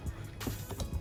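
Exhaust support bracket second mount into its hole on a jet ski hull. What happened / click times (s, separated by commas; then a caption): Handling only, part not yet seated / none. An exhaust support bracket for a Wet Jet Performance exhaust is worked by hand toward its second mounting hole on a Sea-Doo Spark jet ski hull, with low rumbling handling noise, a brighter scraping knock at about 0.4 s and a brief tick at about 0.8 s. The second mount has not popped into place yet; nothing has seated or clicked.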